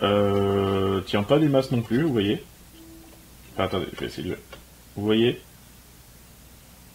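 Someone talks while pressing the plastic/cardboard piece that holds the axle under a Superman Daily Planet 3D model further into its base. Nothing has clicked or seated; the piece stays not fully fitted and cannot be pushed in any better.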